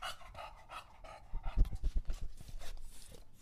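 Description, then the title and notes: English Bulldog panting rapidly with wheezy breaths, then a burst of wet lapping at a water bowl in the second half. Male English Bulldog named Lucho drinking water from a bowl after a long walk, breathing heavily between drinks, out of breath from the walk and from drinking so long. "English Bulldog Drinks from Water Bowl - Weird Sounds. listen to Lucho the English Bulldog as he tries to drink water after a long walk. Don't let his heavy breathing fool you in between drinks, he's equally out of breath from the walk"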